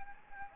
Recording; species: mosquito wingbeat signal from an infrared sensor; Anopheles gambiae